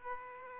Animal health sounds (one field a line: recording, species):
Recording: mosquito wingbeat signal from an infrared sensor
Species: Aedes aegypti